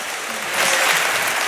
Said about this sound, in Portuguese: Uma salva de palmas para a jeitosa, pá.